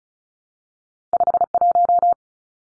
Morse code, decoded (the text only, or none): 51